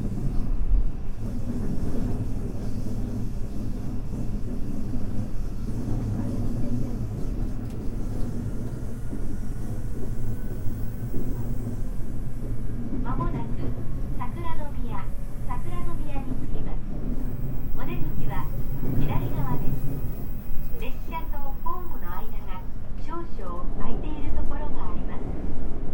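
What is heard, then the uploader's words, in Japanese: Running sound heard from inside a commuter train: a steady, dense low rumble and hum carries through the whole clip. From about 13 to 23 seconds, voices talk over the noise, with a faint higher whine from the motors in the background. JR西日本 323系 環状線外回り 大阪から鶴橋まで。JR西日本 323系電車の走行音です。大阪環状線外回りの普通列車で録音しました。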